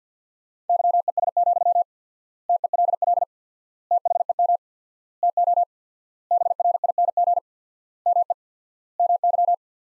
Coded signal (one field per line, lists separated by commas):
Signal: Morse code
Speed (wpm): 50 wpm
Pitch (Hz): 700 Hz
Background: none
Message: YES, TELL THEM TO BRING ME MY